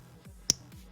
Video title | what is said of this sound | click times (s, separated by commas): Transformers Studio Series Bumblebee Movie Core Class Starscream Review | so you'll actually hear it click in | 0.5 s